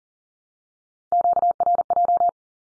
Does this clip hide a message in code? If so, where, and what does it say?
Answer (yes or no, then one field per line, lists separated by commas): yes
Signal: Morse code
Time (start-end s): 1.1-2.3 s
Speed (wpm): 40 wpm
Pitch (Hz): 700 Hz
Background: none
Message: QRJ